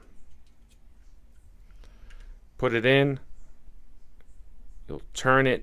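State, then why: Not seated. A metal rebuildable atomizer section of a Wismec Cylin RTA is lined up by its notches before being put into its base and turned home, with faint small ticks and handling sounds between stretches of someone talking. Nothing has seated or clicked yet.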